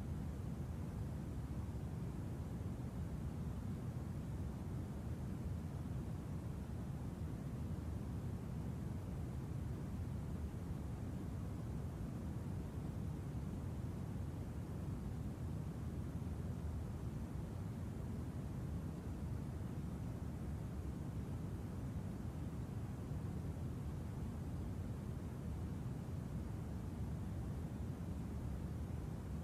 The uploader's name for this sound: A Waterfall